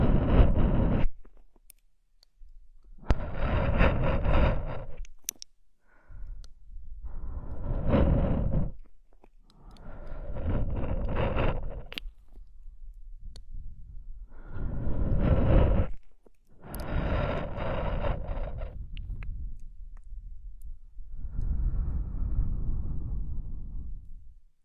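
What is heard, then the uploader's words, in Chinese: Slow, soothing breathing and blowing, each breath a soft airy rush lasting about two to three seconds, separated by short pauses of near silence. About eight breaths come at a relaxed, fairly even pace, the last one gentler and duller than the rest. 舒缓吹气，睡眠呼吸。这就是一个再正常不过的呼吸、吹气声。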